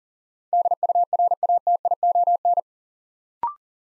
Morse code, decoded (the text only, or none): DURATION